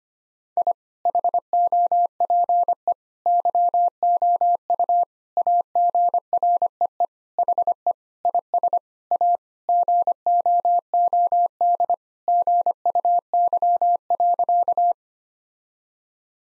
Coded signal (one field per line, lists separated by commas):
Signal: Morse code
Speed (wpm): 25 wpm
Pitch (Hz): 700 Hz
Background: none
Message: I HOPE YOU AGREE HE IS A GOOD GUY.